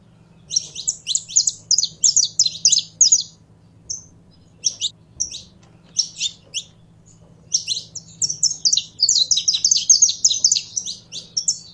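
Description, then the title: Canary singing in rapid high trills and chirps, phrases broken by brief pauses, then a long rolling run of sharp notes near the end; steady low hum underneath. Song of a purebred Belgian canary. "Canto Do Canário Belga Puro"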